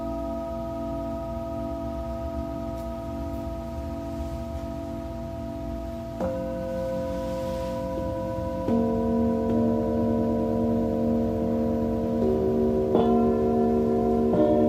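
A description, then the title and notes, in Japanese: Tibetan singing bowls hum in long steady tones, with new bowls struck near 6, 9 and 13 seconds, each layering another ringing pitch. 夜のメキシコからサウンドヒーリングライブ。チベタンシンギングボウル。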